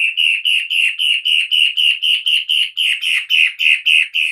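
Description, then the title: Long-tailed shrike repeating a nasal, slightly buzzy note in a steady rhythm of roughly four per second, unbroken from start to finish. "Lanius Schach Sun"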